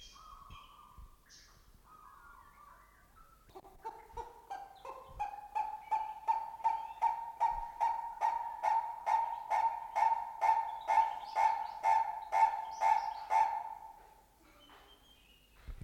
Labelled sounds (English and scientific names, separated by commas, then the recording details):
Purple-crested Turaco (Tauraco porphyreolophus) call
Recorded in captivity
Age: adult
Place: Zoo Berlin, Berlin, DE
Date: 1992-06-20 12:45
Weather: wolkig-heiter, 20-24°C
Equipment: Marantz CP 430, Sennheiser ME 80, Kopie Tesla B 116
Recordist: Tembrock, Günter